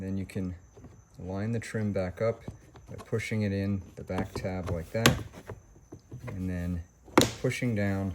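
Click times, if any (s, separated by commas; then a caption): none. Someone talks while the plastic window switch trim panel of a 2014 Honda CR-V is lined up on its back tab against the door panel and then pushed down, with a few light handling taps around 5.5 s and 6.3 s. The retaining clips have not yet snapped in, and nothing has seated or clicked yet.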